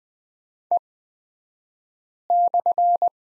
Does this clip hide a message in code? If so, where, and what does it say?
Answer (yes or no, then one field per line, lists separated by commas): yes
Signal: Morse code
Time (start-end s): 0.7-3.1 s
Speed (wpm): 20 wpm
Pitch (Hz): 700 Hz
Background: none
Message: E/